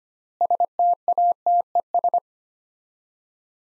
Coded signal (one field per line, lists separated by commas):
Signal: Morse code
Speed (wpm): 25 wpm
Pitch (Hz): 700 Hz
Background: none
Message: STATES